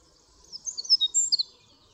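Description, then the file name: Eurasian wren: a quick, brief cluster of thin, high chirping notes lasting about one second, otherwise quiet. "Troglodytes troglodytes"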